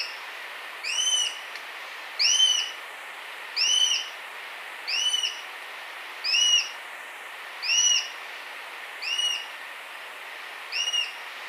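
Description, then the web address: Plain-breasted hawk calling: eight short, clear, slurred notes, each rising then falling, spaced about every one and a half seconds over a steady soft hiss. Recorded in Ecuador. "Birds of Ecuador. Plain-breasted Hawk"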